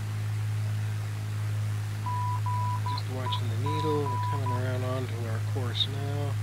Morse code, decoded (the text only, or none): GEG